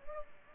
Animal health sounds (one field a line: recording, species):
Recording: mosquito wingbeat signal from an infrared sensor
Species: Culex pipiens